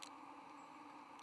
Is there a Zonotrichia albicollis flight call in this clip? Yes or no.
no